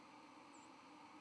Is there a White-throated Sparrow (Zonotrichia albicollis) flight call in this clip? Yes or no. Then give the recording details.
no. Another species' flight call is heard. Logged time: 08:56 on 31 October 2014